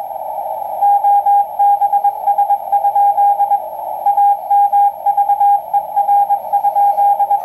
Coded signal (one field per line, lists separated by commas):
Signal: Morse code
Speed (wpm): 21 wpm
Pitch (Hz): 810 Hz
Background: radio noise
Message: OBS? AMVER?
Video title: Night of Nights reception of KPH KSM KFS Pt Reyes Maritime station shortwave